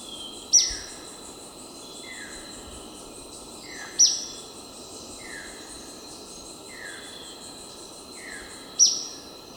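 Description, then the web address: Ornate flycatcher giving a few sharp, high single notes spaced several seconds apart, over steady insect buzzing and a series of softer, falling chirps. Recorded in Ecuador. "S America Birds of Ecuador. Ornate Flycatcher"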